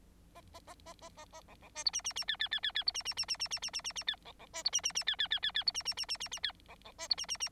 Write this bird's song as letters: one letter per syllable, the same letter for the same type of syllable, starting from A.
A A A A A A A B B C D E E E F F F F F D E E E E E E E E E E F B B C D E E E F F F F F D E E E E E E F B B C D E E E